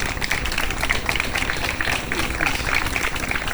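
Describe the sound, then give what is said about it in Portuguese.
An audience applauds steadily for a few seconds for a three-member band of Galician and Colombian musicians as they are introduced, a dense, even wash of many hands clapping at once with no single claps standing out. “Son tres compoñentes, un aplauso para eles.”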